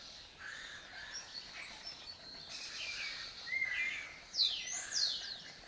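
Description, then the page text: Lesser kestrel calls, a mix of sharp downslurred and rasping notes, loudest near the end. Breeding colony in an abandoned building complex in Doñana; migratory species that forages in West Africa and breeds in southern Europe. "Lesser Kestrels Took Over an Abandoned Building. A migratory raptor wich spends its foraging time in West Africa and breeds in southern Europe. Here in Doñana"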